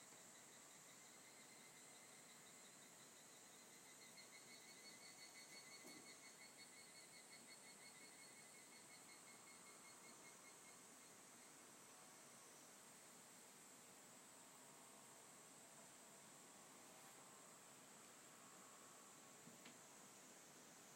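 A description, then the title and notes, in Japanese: Evening cicadas call their rapid, ringing kana-kana trill, strongest in the first ten seconds before fading back, over a constant high insect hiss. A few faint household knocks and clicks surface near six, seventeen and twenty seconds against a soft background hush. 田舎の夕方。ただただカナカナカナ。割と生活音。キレイなまんまるの月が出ていて、 過ごしやすい涼しい時間帯。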